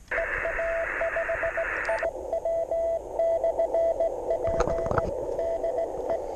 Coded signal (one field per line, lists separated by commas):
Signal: Morse code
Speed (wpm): 17 wpm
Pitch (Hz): 660 Hz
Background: radio noise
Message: EA5IW/P DE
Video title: QSO QRP-QRP CW